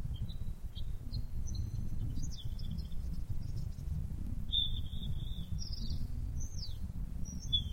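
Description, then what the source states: Bird song, a varied high warbling string of whistled notes and trills, including a sharp downward-sweeping note near the end, over a continuous low rumble. Masteran (tutor song for training birds).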